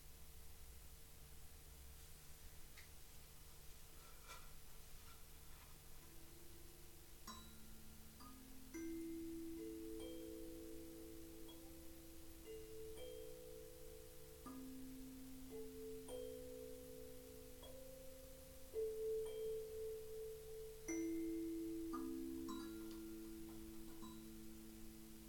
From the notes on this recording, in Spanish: Un viaje entre cuencos